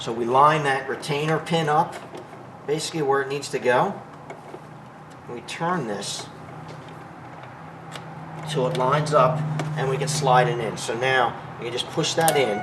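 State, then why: Not seated. A new ignition lock cylinder for a 2001 Ford Focus is turned with its key to line up the retainer pin, then slid into the steering column lock housing and pushed in while someone talks. Two brief, faint knocks are heard around 4.3 and 8.0 seconds. Nothing has seated or clicked yet in this stretch.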